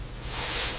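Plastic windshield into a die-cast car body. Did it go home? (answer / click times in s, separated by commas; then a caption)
no / none. A new clear plastic windshield is handled and pressed toward the metal body of a restored, once-crushed 1957 Chevy Bel Air die-cast model car. Only a steady, faint broadband hiss is heard, rising slightly in the second half with no sharp transients. Nothing has seated or clicked yet.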